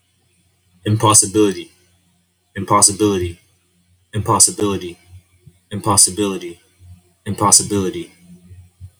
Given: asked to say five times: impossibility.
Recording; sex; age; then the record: repeated word; male; 20 to 29 years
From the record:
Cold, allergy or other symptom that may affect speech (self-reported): no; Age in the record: 26 years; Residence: Philippines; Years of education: 16